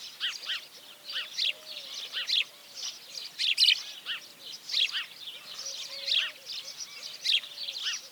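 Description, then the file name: House sparrow chirps in a lively chatter of short, bright notes, with quiet low whistles repeating underneath. "Passer domesticus"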